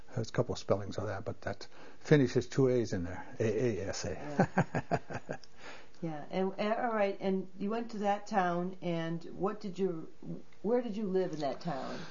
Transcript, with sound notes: there's couple of spellings on that but that - Finnish has two A's in there - A-A-S-A (laughs)
Yeah and - alright you went to that town and what did you - where did you live in that town?